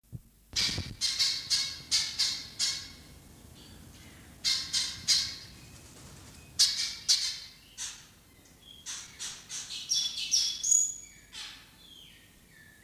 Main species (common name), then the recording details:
Taveta Weaver. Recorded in captivity. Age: adult. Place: Zoo Berlin, Berlin, DE. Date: 2003-06-27 17:42. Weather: fair, 25°C. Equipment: Fair Mate ST-1328 (Asahi Electronics, Japan), Sennheiser ME 80, Kopie Uher 4000 Report Monitor. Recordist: Tembrock, Günter